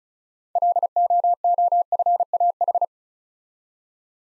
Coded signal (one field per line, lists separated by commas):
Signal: Morse code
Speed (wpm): 34 wpm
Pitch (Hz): 700 Hz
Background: none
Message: LOOFAH